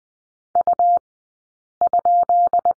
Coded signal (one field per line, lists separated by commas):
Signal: Morse code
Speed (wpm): 20 wpm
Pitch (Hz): 700 Hz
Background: none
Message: U?